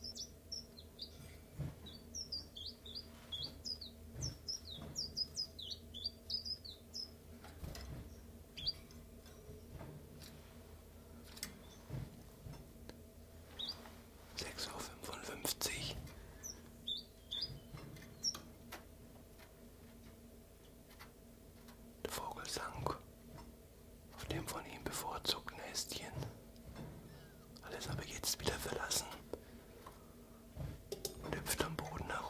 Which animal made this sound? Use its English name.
Common Chiffchaff